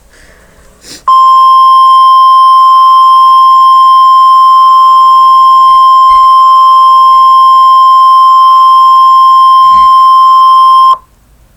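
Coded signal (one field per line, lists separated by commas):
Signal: Emergency Alert System (SAME) tones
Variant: 1050 Hz attention tone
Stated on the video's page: Mock (simulated) Dust Storm Warning EAS alert for Moses Lake, Washington.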